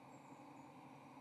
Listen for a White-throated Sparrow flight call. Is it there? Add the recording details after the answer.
no. No flight call is heard. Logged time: 11:18 on 30 October 2014